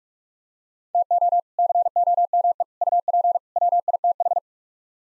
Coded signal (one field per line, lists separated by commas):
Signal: Morse code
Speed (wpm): 44 wpm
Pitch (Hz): 700 Hz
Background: none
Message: TO COME UP WITH